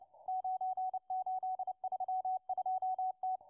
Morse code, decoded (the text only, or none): 9832T